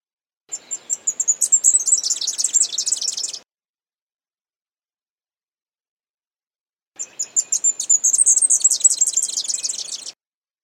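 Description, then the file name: Leaf warbler giving two similar song bouts, very high and bright, each a run of quick chirps building into a fast trill, several seconds of silence in between. "suara kicauan burung cikrakperi biru. omkicau"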